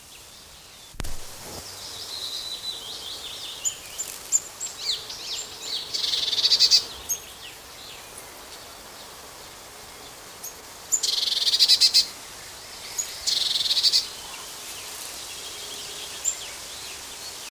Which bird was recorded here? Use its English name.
Eurasian Blue Tit